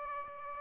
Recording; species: mosquito wingbeat signal from an infrared sensor; Aedes albopictus